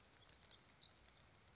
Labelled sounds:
Black-throated Gray Warbler (Setophaga nigrescens)
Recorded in Sonoma County, California

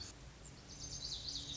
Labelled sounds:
Lazuli Bunting (Passerina amoena)
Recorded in Sonoma County, California

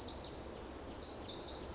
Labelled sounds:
Pacific Wren (Troglodytes pacificus)
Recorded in Sonoma County, California

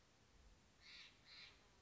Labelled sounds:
Steller's Jay (Cyanocitta stelleri)
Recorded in Sonoma County, California

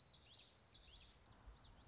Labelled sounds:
Common Yellowthroat (Geothlypis trichas)
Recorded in Sonoma County, California

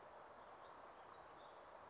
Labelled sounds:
Western Flycatcher (Empidonax difficilis)
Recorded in Sonoma County, California

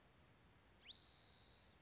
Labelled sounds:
Spotted Towhee (Pipilo maculatus)
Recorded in Sonoma County, California

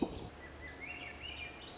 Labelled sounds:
Swainson's Thrush (Catharus ustulatus)
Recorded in Sonoma County, California

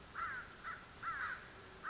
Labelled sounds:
American Crow (Corvus brachyrhynchos)
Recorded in Sonoma County, California

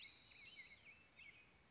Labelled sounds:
Spotted Towhee (Pipilo maculatus)
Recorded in Sonoma County, California

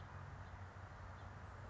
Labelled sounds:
House Finch (Haemorhous mexicanus)
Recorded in Sonoma County, California

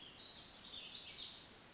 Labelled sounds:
Warbling Vireo (Vireo gilvus)
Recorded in Sonoma County, California

